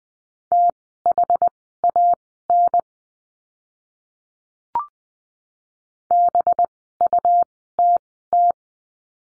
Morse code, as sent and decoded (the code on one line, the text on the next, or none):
- .... .- -. / -... ..- - -
THAN BUTT